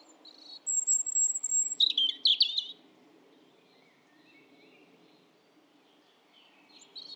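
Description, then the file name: European robin song: a thin high whistle followed by a jumbled, tumbling twittering phrase lasting about one second, then a long quiet stretch with a faint low hum and a brief note at the end. "Erithacus rubecula"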